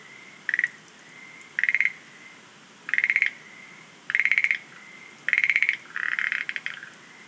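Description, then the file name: Schlegel's green tree frog giving rattling pulsed calls roughly every second, linked by a faint steady tone, ending in a longer softer buzzing trill. "rodolphe alexis - rhacophorus schlegelii"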